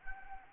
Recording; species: mosquito wingbeat signal from an infrared sensor; Anopheles gambiae